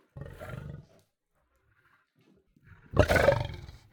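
Lion growl, a short low throaty rumble followed after a pause by a louder, harsh rasping snarl.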